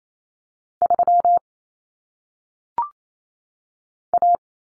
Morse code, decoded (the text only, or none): 3 A